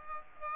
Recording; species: mosquito wingbeat signal from an infrared sensor; Aedes aegypti